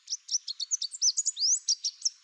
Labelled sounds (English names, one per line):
Chestnut-capped Warbler song